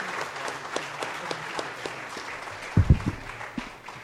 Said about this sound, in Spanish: Sí, bueno, eso sería todo y creo que acompañamos unas fuertes palmas al señor rector que ha podido traducir esta gran idea, ¿no?